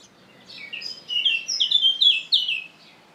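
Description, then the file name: Eurasian blackcap singing a brief phrase that opens with soft chatter and ends in several loud, pure whistled notes, each sliding downward. "Sylvia atricapilla"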